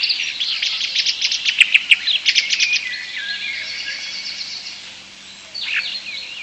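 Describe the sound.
European starling song, a dense run of clicking, rattling notes followed by a drawn-out wheezy warble and a sharp downslurred note.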